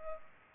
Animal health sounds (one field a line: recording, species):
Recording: mosquito wingbeat signal from an infrared sensor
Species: Culex pipiens